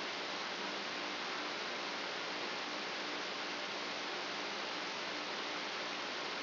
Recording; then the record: brain microelectrode recording played as sound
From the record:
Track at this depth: outside the subthalamic nucleus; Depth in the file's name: 8.428 mm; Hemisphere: left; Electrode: 2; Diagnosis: Parkinson's disease